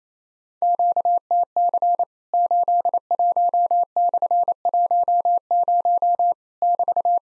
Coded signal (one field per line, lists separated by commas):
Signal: Morse code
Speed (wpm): 28 wpm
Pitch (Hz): 700 Hz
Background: none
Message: QTC 81/10 <BT>